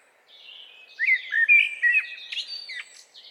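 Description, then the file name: Eurasian blackbird singing a mellow, warbled phrase of fluty notes that breaks into a squeaky, higher twitter toward the end. "Turdus merula"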